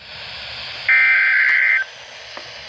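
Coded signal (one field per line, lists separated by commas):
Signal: Emergency Alert System (SAME) tones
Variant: header bursts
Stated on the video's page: NOAA Weather Radio required weekly test from station KIG78 in Coachella, California, on 162.400 MHz.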